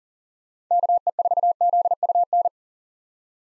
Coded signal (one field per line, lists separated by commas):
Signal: Morse code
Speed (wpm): 40 wpm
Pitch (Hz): 700 Hz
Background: none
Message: KE4ZUN